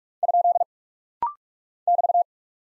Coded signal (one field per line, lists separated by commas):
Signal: Morse code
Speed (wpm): 46 wpm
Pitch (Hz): 700 Hz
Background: none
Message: ? <BT>